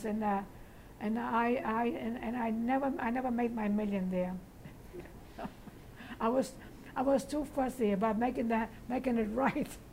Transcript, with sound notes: And I, and I never, I never made my million there. ( she laughs ) I was, I was too fussy about making that, making it right.